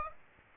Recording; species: mosquito wingbeat signal from an infrared sensor; Aedes aegypti